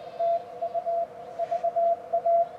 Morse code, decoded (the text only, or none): TU VA